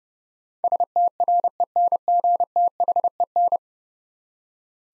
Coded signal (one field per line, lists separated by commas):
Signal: Morse code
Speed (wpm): 32 wpm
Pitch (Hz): 700 Hz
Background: none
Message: STRENGTHEN